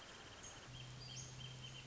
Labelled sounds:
Wrentit (Chamaea fasciata)
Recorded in Sonoma County, California

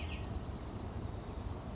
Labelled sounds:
Grasshopper Sparrow (Ammodramus savannarum)
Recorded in Sonoma County, California

